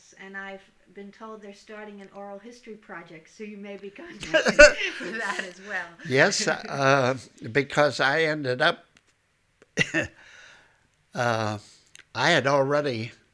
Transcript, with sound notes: And I've been told they're starting an Oral History Project, so you may be going to do that as well. ( they laugh )
Yes. Because I ended up, I had already